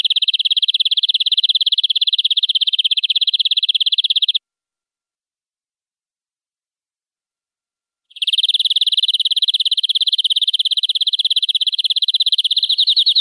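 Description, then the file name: Canary singing a long, rapid, even trill held for over four seconds, a pause, then the rolling trill resumes and continues. Long-duration canary song style. "kenari durasi panjang"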